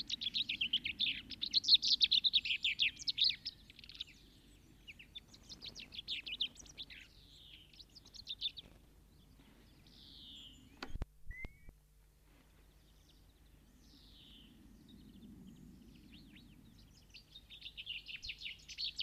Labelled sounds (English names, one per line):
Common Chaffinch song